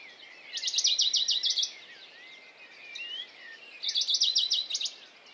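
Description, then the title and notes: Western Bonelli's warbler song: two dry, rapid high trills, with faint whistles and chirps of other birds in the background. Dawn chorus, 6 May 2020, Piste aux espagnols, Valmaravel, Drôme; unpaired bird perched on a small pine branch, rapid courtship song to attract a female; Nagra Seven recorder, MKH40 microphone. "CHORUS DE BONELLI. 06 mai 2020-Piste aux espagnols - Valmaravel - Drôme. Pouillot de Bonelli (Phylloscopus bonelli)"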